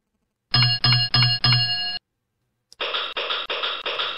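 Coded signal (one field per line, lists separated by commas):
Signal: bell signal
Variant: British railway block bell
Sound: four quick electric bell rings, a pause, then the same rings repeated in reply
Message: 4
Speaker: right this is called attention from Wellington incline [Music]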